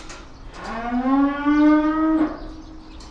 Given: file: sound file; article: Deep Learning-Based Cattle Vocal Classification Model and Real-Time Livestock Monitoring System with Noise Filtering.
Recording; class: cattle; estrus call